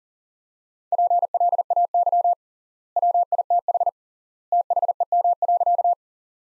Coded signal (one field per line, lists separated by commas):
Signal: Morse code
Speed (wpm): 37 wpm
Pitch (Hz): 700 Hz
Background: none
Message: PLAY WITH THEM.